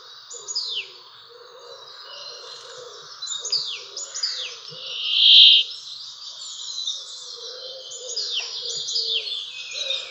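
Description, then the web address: Brambling giving a single buzzy, nasal wheeze midway through, amid continuous chirping and twittering. "Fugle Kvaekerfinke"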